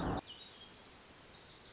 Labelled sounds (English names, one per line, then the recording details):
Wilson's Warbler
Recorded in Sonoma County, California